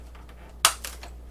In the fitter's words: And the click. We heard the click.